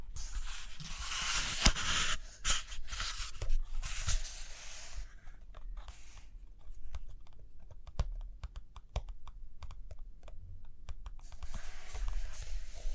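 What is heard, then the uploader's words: Paper sounds and light tapping over about thirteen seconds. The first five seconds bring several bright, rustling sweeps like pages turning, broken by sharp clicks near two seconds. After that, quick dry taps come in irregular bursts, dense and keyboard-like, over a faint low murmur. Page Turning and Tapping, Writing, Drawing.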